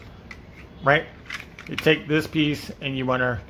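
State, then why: Seated. A plastic fold-back piece of a toy build is folded back so its two male friction clips engage the two female clips, giving a short, sharp click at 0.3 s as it snaps into place. Someone talks through the rest of the clip. The piece is seated.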